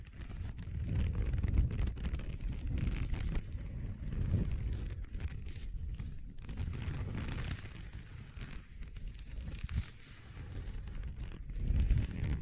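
Leather is scratched and rubbed in a dense, continuous rumble with a heavy low-end, broken by quick taps and scraping bursts throughout.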